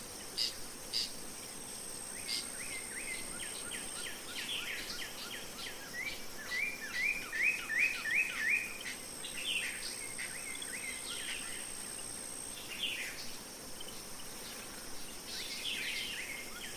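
Birds chirp in a spring meadow, with a fast run of bright calls around eight seconds over a steady high insect buzz and low rumble.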